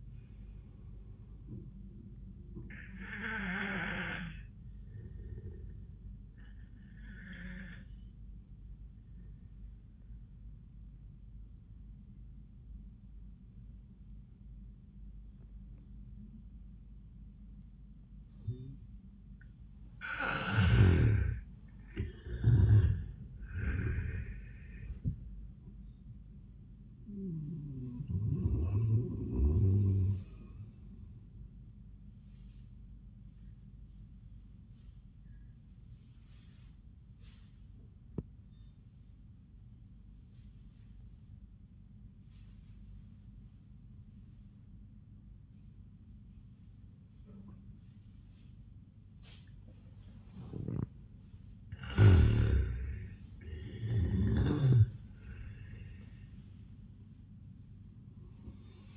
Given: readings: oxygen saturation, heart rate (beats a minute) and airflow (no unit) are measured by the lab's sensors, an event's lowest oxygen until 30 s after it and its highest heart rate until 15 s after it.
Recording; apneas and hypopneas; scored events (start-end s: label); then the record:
breathing in sleep by a smartphone at the bedside; 2
8.00-20.70 s: obstructive apnea (N1, oxygen 94% highest, then 83% lowest)
34.00-52.80 s: obstructive apnea (N1, oxygen 96% highest, then 83% lowest)
From the record:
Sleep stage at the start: N1 (lightest sleep); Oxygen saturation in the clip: 79 to 96%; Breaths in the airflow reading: 5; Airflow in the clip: -19.0 to 7.8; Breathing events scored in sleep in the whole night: 400 in 8.7 hours asleep